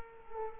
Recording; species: mosquito wingbeat signal from an infrared sensor; Culex quinquefasciatus